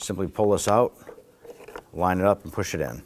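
A small plastic upper trim piece with a notch is being pulled out and lined up against the front left door panel of a 2008–2011 Ford Focus during a door handle replacement, while someone talks. Only handling sounds are heard between the speech, and the trim piece has not yet seated or clicked into place.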